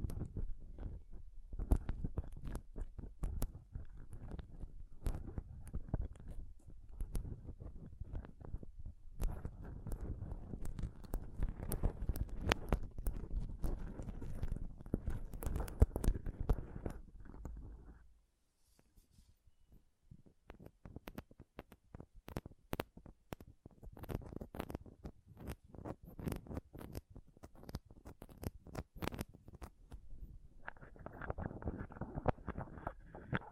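Close-up mic scratching and touching, with dense, rapid scraping and tapping that keeps a low rumbling body. The rubbing runs steadily for about eighteen seconds, drops to near silence, then returns as sparser clicks and taps, thickening again toward the end.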